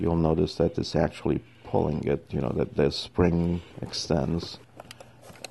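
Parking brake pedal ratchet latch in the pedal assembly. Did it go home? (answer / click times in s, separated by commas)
yes / 4.8 s, 4.9 s, 5.0 s, 5.5 s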